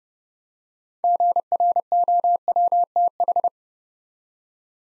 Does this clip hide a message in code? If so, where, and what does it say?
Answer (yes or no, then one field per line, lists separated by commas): yes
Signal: Morse code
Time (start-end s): 1.0-3.5 s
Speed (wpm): 30 wpm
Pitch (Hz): 700 Hz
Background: none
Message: GROWTH